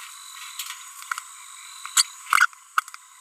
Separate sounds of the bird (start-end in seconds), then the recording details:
1.97-2.02. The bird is a female. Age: 30 days. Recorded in a nest box in Venezuela. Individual 17B42B3